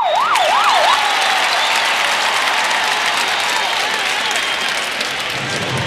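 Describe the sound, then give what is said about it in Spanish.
A rapid up-and-down electronic alarm siren at the El Corte Inglés store wails loudly for about a second, then returns faintly later, nearly buried under a steady wash of applause-like crowd noise. “Alarma en el Corte Inglés, un malandrín se ha puesto a cagar.”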